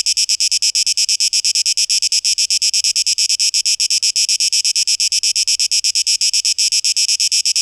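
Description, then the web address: Cicada song: a sustained high, hissing buzz chopped into quick regular pulses, continuous for the whole stretch. 12 August 2023. "rauschpartikel Audio 2023-08-12 Zikaden"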